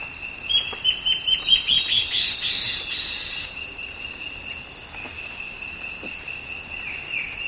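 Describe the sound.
Bird gives a brisk series of high, clipped chirps over about two seconds, then quieter scattered notes, against a continuous high-pitched background drone.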